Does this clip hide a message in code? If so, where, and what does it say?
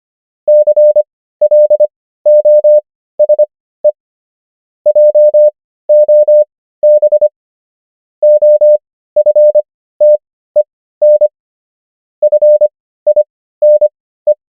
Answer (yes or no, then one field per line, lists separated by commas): yes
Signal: Morse code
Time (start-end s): 0.5-14.3 s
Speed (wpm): 25 wpm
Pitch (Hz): 600 Hz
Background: none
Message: CLOSE JOB OFTEN FINE